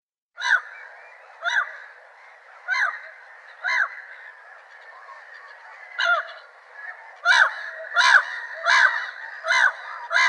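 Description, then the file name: Black-headed gull harsh, croaking calls come in spaced bursts, then faster near the end, over continuous background noise. "Chroicocephalus ridibundus"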